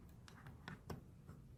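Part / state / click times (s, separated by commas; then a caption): plastic linkage rod bushing into rear door latch lever / not seated / none. A plastic linkage rod bushing (grommet) is handled and pushed from the bottom toward the rear door latch lever of a Volvo 850, as part of repairing a back door stuck closed that will not open from inside or out. Short faint ticks and taps sound at about 0.3, 0.5, 0.7 and 0.9 s over a quiet background. Nothing has seated or clicked yet.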